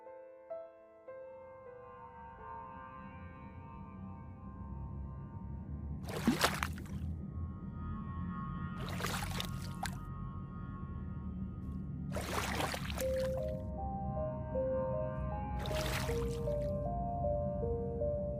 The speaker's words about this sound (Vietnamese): Làn gió đêm xô nhẹ từ ngọn sóng lăn tăn như đang nhảy nhót cùng những tán cây bên mép nước.